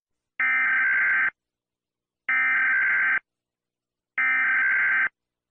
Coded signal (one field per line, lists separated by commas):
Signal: Emergency Alert System (SAME) tones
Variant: header bursts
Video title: Chile EAS alarm (Argentina Nukes)